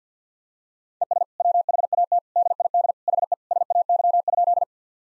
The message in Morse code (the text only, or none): ES WHAT DID HE SAY?